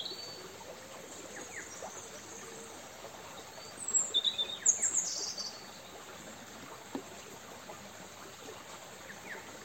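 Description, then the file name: European robin giving a brief burst of thin, high, twittering notes midway, against steady hiss of background noise. "Erithacus rubecula"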